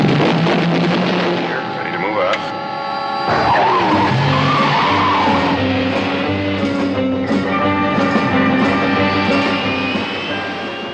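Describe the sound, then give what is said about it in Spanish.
The Batmobile's powerful engine roars and revs with a rising turbine-like whine, tires screeching as it speeds off, loud and continuous over a dense, music-like background. “Y el Batimóvil, ¿no? Pues entonces hablemos de autos famosos.”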